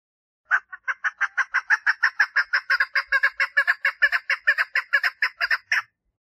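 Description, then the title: Partridge song: a long run of harsh, grating chuck notes lasting several seconds. "Perdiz Cantando"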